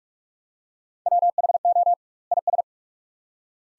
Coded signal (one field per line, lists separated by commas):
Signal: Morse code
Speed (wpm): 42 wpm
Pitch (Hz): 700 Hz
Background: none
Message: WHO IS